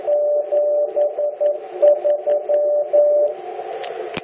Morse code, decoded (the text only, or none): 73